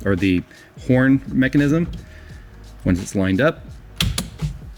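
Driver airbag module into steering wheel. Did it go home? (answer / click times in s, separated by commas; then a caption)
yes / 4.0 s, 4.2 s. A driver airbag module is pushed into the steering wheel of an Audi R8, its mounting nubs lined up with the two openings in the horn mechanism. Someone talks, then the module snaps home with two sharp clicks at 4.0 s and 4.2 s. It is seated.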